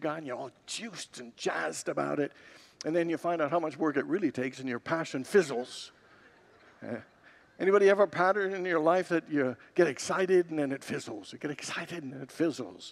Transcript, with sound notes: And you’re all juiced and jazzed about it, and then you find out how much work it really takes, and your passion fizzles? [Congregants laugh] Anybody ever have a pattern in your life that you get excited, and then it fizzles? You get excited, and then it fizzles?